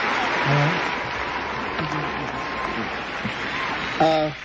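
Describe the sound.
A crowd applauds steadily throughout, a dense wash of clapping, with a few brief voices calling out over it and a louder cheer near the end.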